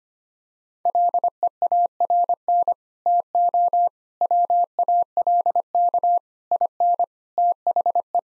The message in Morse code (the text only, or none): LEARN TO WALK IN THE